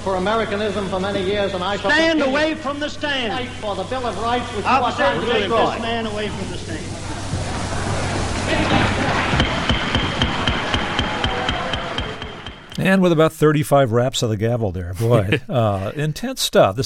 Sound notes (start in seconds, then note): 8.7 soundbite of gavel banging; 15.0 laughter